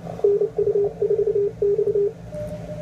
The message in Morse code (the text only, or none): NU4X